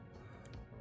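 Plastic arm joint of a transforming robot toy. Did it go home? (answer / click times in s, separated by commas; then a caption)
no / none. The stiff plastic arm joint of a transforming robot toy is handled as the arms are opened, over a steady low background with music. Two faint, brief ticks come at about 0.5 s and 0.5 s. The joint has not clicked into position or seated yet.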